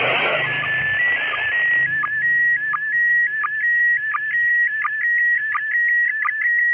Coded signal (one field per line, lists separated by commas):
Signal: SSTV (slow-scan television)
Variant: PD 90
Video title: SSTV SES 8A09JS HUT ORLOK Jakarta Selatan ke-9 Tahun 2022